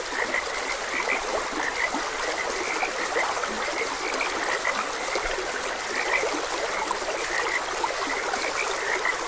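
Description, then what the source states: Frog croaks in short clipped notes, spaced unevenly, with a trickling stream running underneath. Frogs croaking beside a gentle stream.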